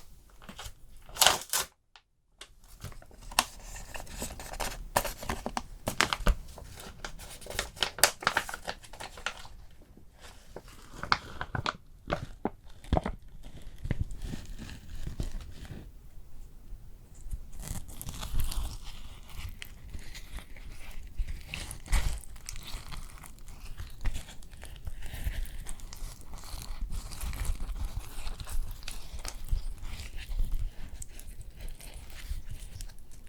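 Layered spa facial sounds: dense crinkling, rubbing and soft tapping, with sharp bursts early and near twelve seconds, then a steadier rustling texture.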